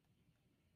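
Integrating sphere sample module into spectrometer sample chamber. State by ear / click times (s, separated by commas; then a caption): not seated / none. An SC-30 integrating sphere sample module is being handled as it slides into the sample bay of an Edinburgh Instruments FS5 spectrometer to lock into place. Only a steady, low-frequency hum and rumble is heard, with no sharp transients. Nothing has seated or clicked yet.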